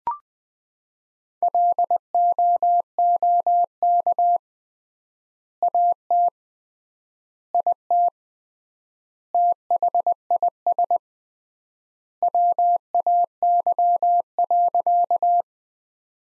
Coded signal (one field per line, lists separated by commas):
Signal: Morse code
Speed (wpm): 20 wpm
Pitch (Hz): 700 Hz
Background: none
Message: LOOK AT IT THIS WAY.